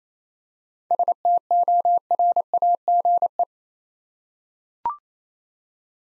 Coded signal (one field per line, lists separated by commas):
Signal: Morse code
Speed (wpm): 27 wpm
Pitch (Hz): 700 Hz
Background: none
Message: STORAGE